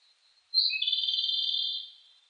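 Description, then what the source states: Japanese robin singing a sharp opening note that runs straight into a long, rapid, even rattle, holding steady before trailing off. Recorded 18 July 2004.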